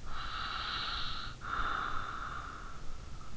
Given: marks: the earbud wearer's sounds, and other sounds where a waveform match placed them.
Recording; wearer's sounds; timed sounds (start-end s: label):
sounds in sleep by an in-ear microphone; breath
0.06-3.37 s: breath